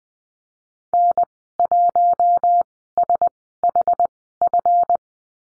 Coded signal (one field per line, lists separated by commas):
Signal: Morse code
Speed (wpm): 20 wpm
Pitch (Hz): 700 Hz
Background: none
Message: N1SHF